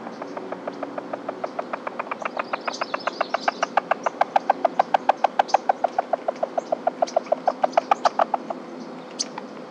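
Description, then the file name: Columbia spotted frog giving a long, steady series of quick hollow clucks lasting about eight seconds, with faint bird chirps in the background. "rluteiventris"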